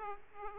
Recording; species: mosquito wingbeat signal from an infrared sensor; Aedes aegypti